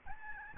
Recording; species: mosquito wingbeat signal from an infrared sensor; Aedes albopictus